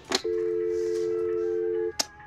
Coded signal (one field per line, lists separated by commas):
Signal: telephone call progress tone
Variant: North America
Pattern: dial tone